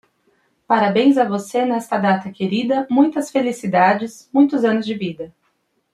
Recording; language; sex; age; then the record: short text; Brazilian Portuguese; female; 30 to 39 years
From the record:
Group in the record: control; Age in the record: 31 years